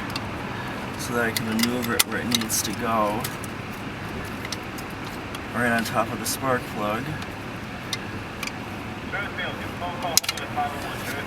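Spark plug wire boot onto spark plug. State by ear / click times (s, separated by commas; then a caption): seated / 10.2 s. A spark plug wire boot is pushed down onto the top of the spark plug in the engine of a 2000 VW Jetta while someone talks over a low steady hum. A sharp click at 10.2 seconds marks the boot seating onto the plug.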